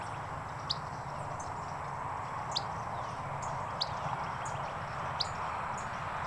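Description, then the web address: Gray flycatcher calls: four short sharp high notes at uneven intervals, with fainter notes between, over a steady hiss. "lbrc grfl dobbs"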